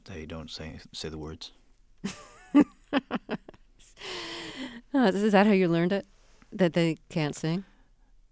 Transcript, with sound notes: they don't say the words.
(SOUNDBITE OF LAUGHTER)
Is that how you learned it, that they can't sing?